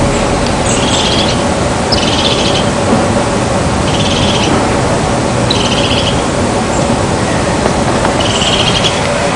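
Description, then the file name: Crested tit calling, several short buzzy high trills over steady background noise. "Lophophanes cristatus"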